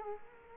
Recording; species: mosquito wingbeat signal from an infrared sensor; Culex quinquefasciatus